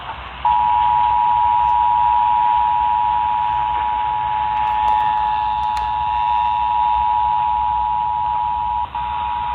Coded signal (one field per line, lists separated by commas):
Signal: Emergency Alert System (SAME) tones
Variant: 853 and 960 Hz attention tone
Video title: TORS AND FLUDDZ BELOW... EAS Alerts from 3/28-29/20 (EAS 2337-2350)